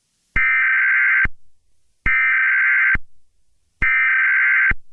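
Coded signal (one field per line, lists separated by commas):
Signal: Emergency Alert System (SAME) tones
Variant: header bursts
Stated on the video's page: Valid EAS tones in a fictional EAS scenario about gas attacks in Atlanta.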